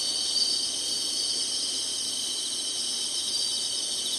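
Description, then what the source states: High, steady insect drone, shrill and continuous, with no clear breaks. Singing insects in summer.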